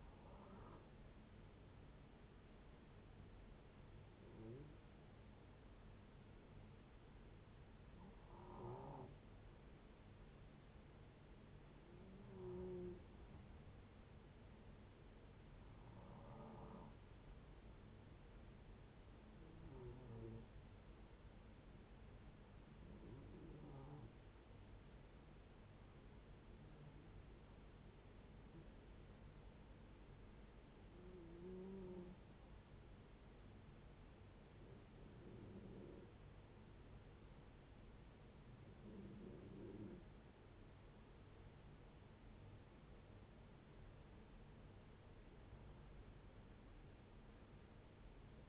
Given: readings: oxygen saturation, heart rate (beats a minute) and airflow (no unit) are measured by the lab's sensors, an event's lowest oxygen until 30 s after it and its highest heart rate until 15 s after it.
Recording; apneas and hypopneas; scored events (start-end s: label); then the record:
breathing in sleep by a voice recorder at the bedside; 2
3.00-16.80 s: hypopnea (N1, oxygen 93% highest, then 90% lowest)
15.00-48.49 s: new sleep stage, N2 (light sleep)
31.00-43.00 s: hypopnea (N2, oxygen 92% highest, then 89% lowest, heart rate 72 at the start, 75 highest)
From the record:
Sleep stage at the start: N1 (lightest sleep); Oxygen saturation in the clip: 89 to 93%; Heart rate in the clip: 63 to 72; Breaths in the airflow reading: 13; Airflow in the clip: -5.8 to 5.5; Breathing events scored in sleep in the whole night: 496 in 5.4 hours asleep